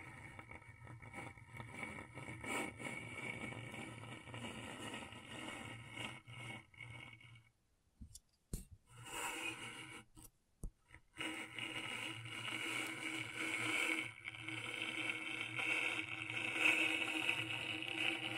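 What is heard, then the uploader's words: Scratchboard, a dense grinding rasp with a steady low hum under it, carries on for about seven seconds. Around eight to eleven seconds it breaks into short gaps and bursts, then returns brighter and louder with a whining tone to the end. ASMR Brain Tingling Scratchboard (No Talking).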